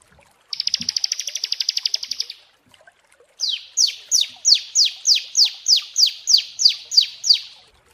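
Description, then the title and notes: Prinia song: a high buzzy trill lasting about two seconds, a pause, then a series of sharp descending slurred notes repeated about three times per second. Prinia song used as a masteran (tutor) therapy recording. "Masteran Terapi Prenjak. Burung Prenjak"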